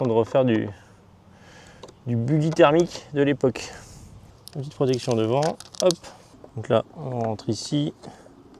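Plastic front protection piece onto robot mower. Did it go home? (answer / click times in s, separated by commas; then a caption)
no / none. A small plastic front protection piece is handled and pushed toward its slot on a Mammotion LUBA Mini robot mower while someone talks. A few faint sharp taps of handling are heard between the speech. Nothing has seated or clicked yet; the clip ends just before the piece goes home.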